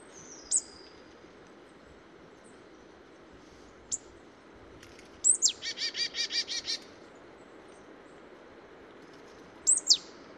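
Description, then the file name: Marsh tit calls: scattered sharp, high single notes, then sharp notes leading into a rapid run of several buzzy notes, over steady background noise. "Poecile palustris"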